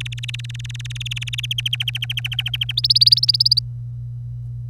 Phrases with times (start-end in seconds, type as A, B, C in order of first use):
0.00-1.46 A, 1.51-2.72 B, 2.77-3.59 C